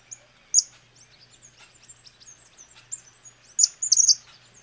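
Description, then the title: Cattle Tyrant calls: sharp, very high squeaky notes, one early, one midway and a tight cluster near the end, over many faint high chirps. Nominate subspecies Machetornis rixosa rixosa. "LuckyPassaro Completos2Sama. Cattle Tyrant (Machetornis rixosa rixosa)"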